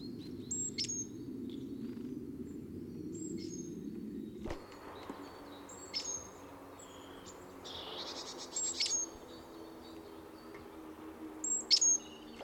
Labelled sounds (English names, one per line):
Great Tit call